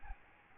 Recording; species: mosquito wingbeat signal from an infrared sensor; Aedes albopictus